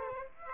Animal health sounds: mosquito wingbeat signal from an infrared sensor; Aedes aegypti

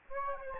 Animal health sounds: mosquito wingbeat signal from an infrared sensor; Aedes albopictus

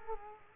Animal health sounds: mosquito wingbeat signal from an infrared sensor; Culex quinquefasciatus

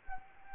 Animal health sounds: mosquito wingbeat signal from an infrared sensor; Anopheles gambiae

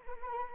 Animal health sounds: mosquito wingbeat signal from an infrared sensor; Anopheles arabiensis

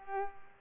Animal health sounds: mosquito wingbeat signal from an infrared sensor; Culex pipiens

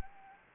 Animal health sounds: mosquito wingbeat signal from an infrared sensor; Anopheles gambiae

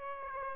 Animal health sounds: mosquito wingbeat signal from an infrared sensor; Aedes aegypti

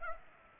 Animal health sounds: mosquito wingbeat signal from an infrared sensor; Culex pipiens

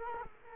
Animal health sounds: mosquito wingbeat signal from an infrared sensor; Culex quinquefasciatus

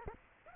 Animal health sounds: mosquito wingbeat signal from an infrared sensor; Aedes aegypti

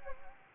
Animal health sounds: mosquito wingbeat signal from an infrared sensor; Anopheles gambiae

